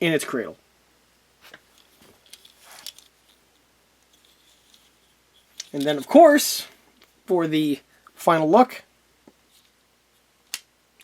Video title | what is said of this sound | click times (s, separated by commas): 1/6th scale ECA 3D printed AN/M2 .50 cal Browning and D90210 pedestal base | ah, what a satisfying click if there ever was one. | 10.5 s